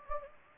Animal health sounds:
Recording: mosquito wingbeat signal from an infrared sensor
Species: Anopheles gambiae

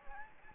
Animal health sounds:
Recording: mosquito wingbeat signal from an infrared sensor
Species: Anopheles gambiae

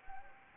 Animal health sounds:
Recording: mosquito wingbeat signal from an infrared sensor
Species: Anopheles gambiae

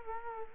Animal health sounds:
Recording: mosquito wingbeat signal from an infrared sensor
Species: Culex quinquefasciatus

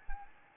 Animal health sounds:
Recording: mosquito wingbeat signal from an infrared sensor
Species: Anopheles arabiensis

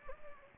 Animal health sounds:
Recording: mosquito wingbeat signal from an infrared sensor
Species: Anopheles gambiae

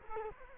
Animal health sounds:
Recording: mosquito wingbeat signal from an infrared sensor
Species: Culex quinquefasciatus

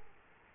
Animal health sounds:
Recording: mosquito wingbeat signal from an infrared sensor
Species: Aedes aegypti

